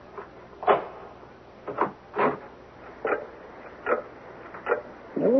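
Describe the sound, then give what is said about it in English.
The lock of a clock-room door is picked with a nail file, a string of short metallic scrapes and clicks at an uneven rhythm, ending as the door begins to swing open with a rising creak. “Give me a nail file, cuz.”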